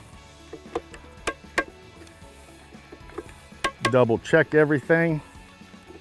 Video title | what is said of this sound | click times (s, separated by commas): Mounting The Stealth Vision - Stealth Vision ® | each corner. You'll hear those clicks. | 1.3 s, 1.6 s, 3.6 s